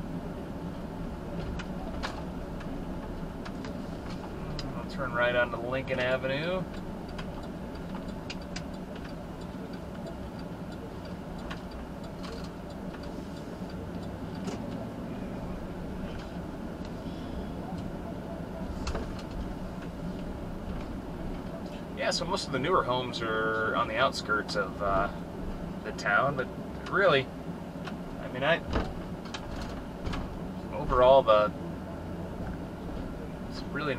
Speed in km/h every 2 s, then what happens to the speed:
21, 21, 19, 18, 13, 11, 10, 16, 21, 24, 21, 21, 21, 18, 15, 15, 19.
0-5 steady at about 21. 5-9 slows to 11. 13-17 speeds up to 24. 17-28 slows to 15. 28-34 steady at about 15.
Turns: 8-12.